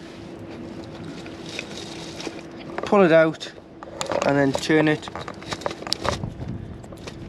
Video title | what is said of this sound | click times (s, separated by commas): Malibu 540 Handover Video | clockwise until it clicks like so. | 5.9 s